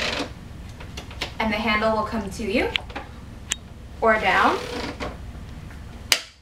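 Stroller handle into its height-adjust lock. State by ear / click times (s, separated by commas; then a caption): seated / 6.1 s. A telescoping Stokke Xplory stroller handle is moved down into its height-adjust lock while someone talks, with a few light taps along the way. The handle latch snaps into place with a sharp click at 6.1 s, locking it securely in position.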